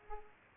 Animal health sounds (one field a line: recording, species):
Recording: mosquito wingbeat signal from an infrared sensor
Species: Culex pipiens